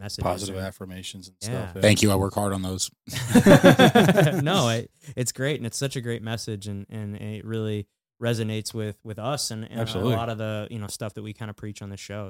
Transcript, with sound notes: Positive affirmations and stuff. Thank you, I work hard on those. (laughing)
No, it's great and it's such a great message and it really resonates with us and a lot of the stuff that we kind of preach on the show.